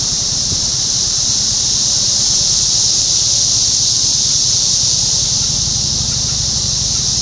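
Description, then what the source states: Cicadas singing in a continuous high, rasping buzz. Topeka, Kansas, 14 June 2015.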